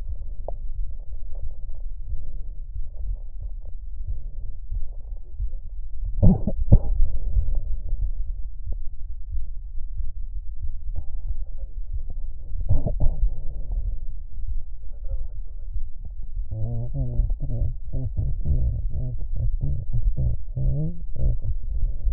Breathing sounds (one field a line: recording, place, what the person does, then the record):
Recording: lung sounds by stethoscope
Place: left anterior apical chest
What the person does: quiet breathing, then cough and speech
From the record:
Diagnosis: interstitial lung disease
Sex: female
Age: 68 years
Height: 152 cm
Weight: 76 kg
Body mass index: 32.9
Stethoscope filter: extended mode